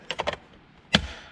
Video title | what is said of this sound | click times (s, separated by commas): How to install an MGW short shifter in a C6 corvette! | you can snap this back into place | 0.1 s, 1.0 s